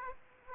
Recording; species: mosquito wingbeat signal from an infrared sensor; Aedes aegypti